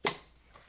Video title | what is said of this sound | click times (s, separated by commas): Mercedes 63 AMG M156 V8 Spark Plug and Ignition Coil DIY!! - W164 ML63 | hear a pop and here it comes | 0.1 s